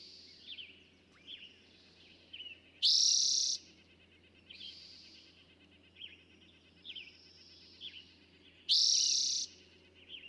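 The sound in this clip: Eastern towhee singing twice, about six seconds apart, each a brief vibrant trill. Softer notes continue between songs.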